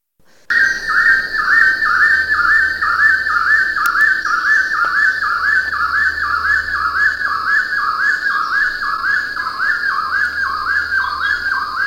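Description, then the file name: Bird calling with clear whistled notes that rise then drop, repeated about twice a second in a long steady series over a constant high drone. "SABIOD 50 bird 2015"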